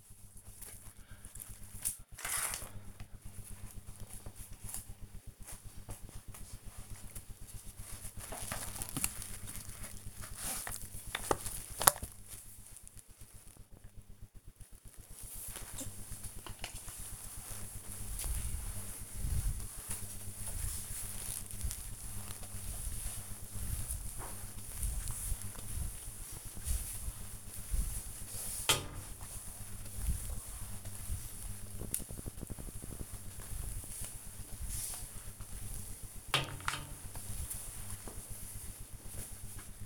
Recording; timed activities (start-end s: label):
household activities, microphone on the right wrist
0.00-39.86 s: floor cleaning